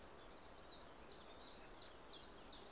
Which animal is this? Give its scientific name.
Phylloscopus collybita